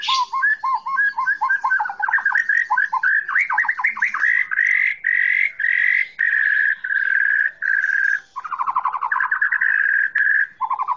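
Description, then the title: Oriental magpie-robin song, a dense run of lower chattering trills and sustained warbled notes, loud and continuous, with rapid repeated syllables. Chirping song. "Kicau Kacer Durasi Panjang 1jam Lebih"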